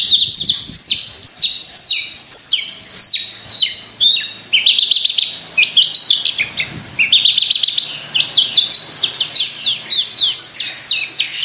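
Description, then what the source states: Javan bush lark song, loud descending high notes followed by a dense, rapid run of varied chirps and trills. Local name branjangan; described as gacor, meaning singing vigorously; bird or song style called Petir.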